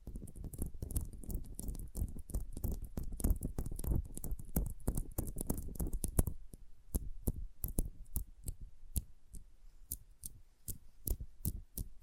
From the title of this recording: Sensitive Tapping